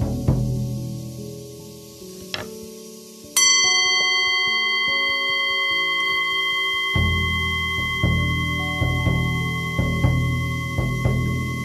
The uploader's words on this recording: With my buffalo drum, Tibetan singing bowl and dragon rings bells.